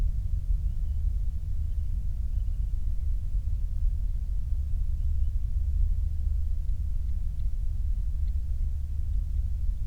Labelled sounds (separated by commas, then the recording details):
bird, flare stack
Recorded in the Prudhoe Bay oil fields, Alaska, on 8 July 2019 at 06:07
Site 25